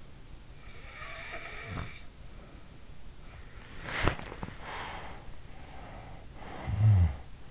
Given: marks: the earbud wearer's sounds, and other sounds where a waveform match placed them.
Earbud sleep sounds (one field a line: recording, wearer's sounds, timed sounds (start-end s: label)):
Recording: sounds in sleep by an in-ear microphone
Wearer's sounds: snoring breath, body movement, breath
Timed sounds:
0.55-2.60 s: snoring breath
3.23-4.59 s: body movement
4.65-6.15 s: breath
6.38-7.51 s: snoring breath